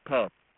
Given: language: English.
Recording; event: throat vibration sensor signal played as sound; speech